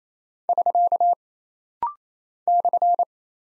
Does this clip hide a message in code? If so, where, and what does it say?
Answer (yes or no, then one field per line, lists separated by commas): yes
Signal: Morse code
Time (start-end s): 0.5-3.0 s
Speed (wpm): 27 wpm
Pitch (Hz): 700 Hz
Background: none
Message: <SK> /